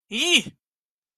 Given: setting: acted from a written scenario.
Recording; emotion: vocal sound without words; negative surprise